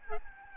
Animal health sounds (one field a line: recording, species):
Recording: mosquito wingbeat signal from an infrared sensor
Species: Aedes albopictus